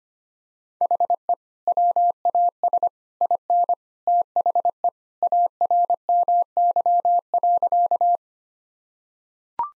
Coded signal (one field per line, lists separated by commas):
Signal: Morse code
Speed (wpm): 25 wpm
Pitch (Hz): 700 Hz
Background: none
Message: HE WAS IN THE ARMY.